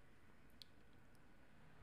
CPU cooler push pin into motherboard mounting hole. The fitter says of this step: I'm using just a flathead screwdriver to lock them into position so